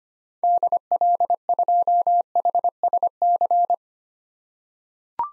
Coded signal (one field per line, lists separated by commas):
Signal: Morse code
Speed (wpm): 25 wpm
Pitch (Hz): 700 Hz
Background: none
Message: DL2HSC